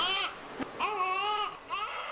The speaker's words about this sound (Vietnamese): bên ngoài lại vọng vào tiếng trẻ con khóc, lần này càng ngừng hơn, tiếng khóc ngay ngoài cửa. Đứa trẻ đó dường như gặp phải chuyện gì đáng sợ, tiếng khóc nghe rất thê thảm.